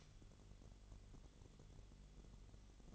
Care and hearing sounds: daily activity, microphone in the room; light on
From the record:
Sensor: 4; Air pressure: 1008.7 hPa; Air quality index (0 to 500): 94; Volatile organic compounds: 1 ppm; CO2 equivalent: 712 ppm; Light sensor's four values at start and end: 11/25/10/9 and 12/27/11/10

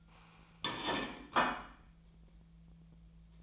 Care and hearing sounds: daily activity, microphone in the room; place plate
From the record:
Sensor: 1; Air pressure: 1009.5 hPa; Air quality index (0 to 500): 196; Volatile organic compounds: 20 ppm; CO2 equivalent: 2683 ppm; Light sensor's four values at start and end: 27/70/29/35 and 27/70/29/35

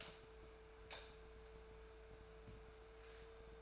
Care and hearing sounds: daily activity, microphone in the room; light on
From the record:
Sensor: 2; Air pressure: 1014.6 hPa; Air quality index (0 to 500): 188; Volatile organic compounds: 15 ppm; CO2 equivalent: 2494 ppm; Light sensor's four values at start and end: 9/21/8/9 and 13/39/15/15

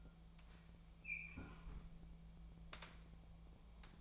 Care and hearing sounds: daily activity, microphone in the room; close fridge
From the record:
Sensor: 1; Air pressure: 1000.2 hPa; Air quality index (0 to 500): 133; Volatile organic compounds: 2 ppm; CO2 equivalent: 1259 ppm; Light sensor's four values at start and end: 37/93/39/48 and 37/93/39/48

